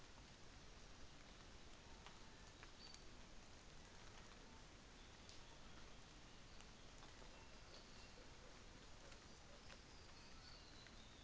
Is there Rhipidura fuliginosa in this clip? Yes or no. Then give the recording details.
no. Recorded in New Zealand on 24 December 2018. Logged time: 09:00